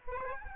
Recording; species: mosquito wingbeat signal from an infrared sensor; Aedes albopictus